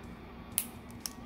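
A plastic Xiaomi Mi Band 4 fitness tracker capsule, with its button facing down, is pressed into the frame of its silicone wristband. Two sharp snaps sound at 0.6 s and 1.1 s, with a faint tick between them, and the capsule seats in the strap.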